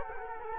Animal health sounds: mosquito wingbeat signal from an infrared sensor; Culex quinquefasciatus

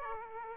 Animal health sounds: mosquito wingbeat signal from an infrared sensor; Aedes aegypti

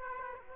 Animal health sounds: mosquito wingbeat signal from an infrared sensor; Aedes aegypti

